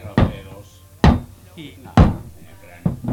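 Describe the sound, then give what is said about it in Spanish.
Four heavy hammer blows land at a slow, steady pace, each a sharp, loud thud that rings out briefly, with faint voices murmuring between the strikes. “¿Me das el martillo?”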